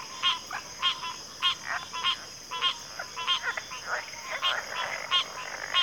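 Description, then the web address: Cricket trilling, steady and high, under strong rhythmic pulsed chirps, nearly two per second, with other callers overlapping in the second half. Cricket chorus recorded at a backwater. "Natures Songs Sleep Sounds of Nature CRICKETS Backwater Chorus"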